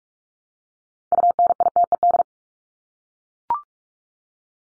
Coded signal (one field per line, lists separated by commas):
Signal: Morse code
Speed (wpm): 44 wpm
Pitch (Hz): 700 Hz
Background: none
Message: UNITED